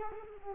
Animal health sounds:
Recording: mosquito wingbeat signal from an infrared sensor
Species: Culex quinquefasciatus

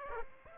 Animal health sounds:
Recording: mosquito wingbeat signal from an infrared sensor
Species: Aedes aegypti

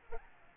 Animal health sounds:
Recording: mosquito wingbeat signal from an infrared sensor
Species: Aedes albopictus

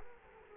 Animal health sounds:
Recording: mosquito wingbeat signal from an infrared sensor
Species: Culex quinquefasciatus

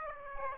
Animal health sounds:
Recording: mosquito wingbeat signal from an infrared sensor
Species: Aedes aegypti

